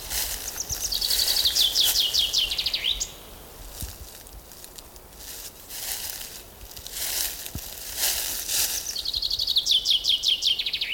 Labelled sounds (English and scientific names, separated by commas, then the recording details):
Common Chaffinch (Fringilla coelebs)
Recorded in the wild
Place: Liebenthal, Schorfheide, Brandenburg, DE
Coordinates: 52.92, 13.46
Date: 1996-04-07 12:35
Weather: heiter, 15°C, z.T. windig
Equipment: Nagra SN, Sennheiser MKH 416 T, Kopie Uher 4000 Report Monitor
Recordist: Tembrock, Günter